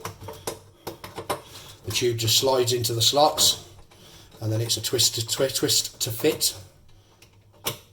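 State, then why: Seated. A reptile UV fluorescent tube is slid into the slots of the lamp fitting's end caps and twisted to lock it in, with light tapping and handling sounds early on while someone talks. After the talking stops, a sharp click at 7.7 s marks the tube seating in its holder.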